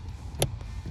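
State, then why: Seated. A brown wiring harness plug for a My Key Premium remote start kit is pushed into the brown wiring connector of a Hyundai Kona. A sharp, bright click at 0.4 s stands out over a low background rumble. The plug locks in and is seated.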